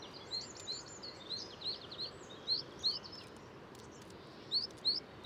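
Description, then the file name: Eurasian blue tit calls: thin high rising notes repeated in quick irregular bursts, with fainter calls and steady background noise. "Cyanistes caeruleus"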